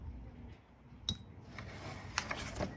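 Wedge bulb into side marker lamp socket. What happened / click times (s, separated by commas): The small bulb pushed home into its socket / 1.1 s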